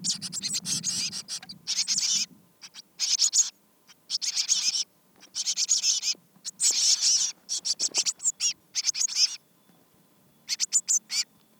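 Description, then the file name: Eurasian blue tit giving harsh, high chattering calls in short rapid bursts separated by brief pauses. "Cyanistes caeruleus"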